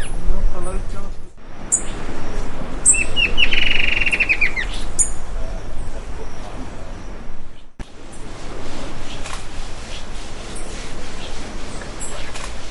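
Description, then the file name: Bird sings a single quick trilled series of high notes, surrounded by loud low rumbling noise with brief dropouts. "SABIOD 50 bird 2015"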